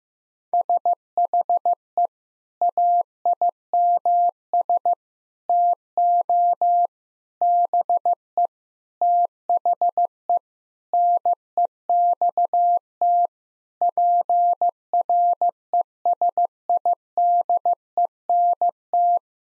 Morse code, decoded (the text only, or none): SHE AIMS TO BE THE NEXT PRESIDENT